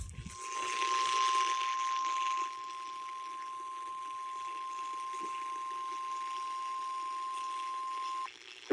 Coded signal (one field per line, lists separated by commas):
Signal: Emergency Alert System (SAME) tones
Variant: 1050 Hz attention tone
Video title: NEW TV SETUP/CA TSUNAMI DRILL 2023! EAS Tests from March 2023